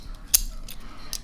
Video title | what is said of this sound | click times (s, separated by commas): Ingersoll-Rand 2235TiMAX Trigger Mystery. Complete Breakdown, Repair, Whoops, Restore, Rebuild. | and it'll snap right in there | 0.3 s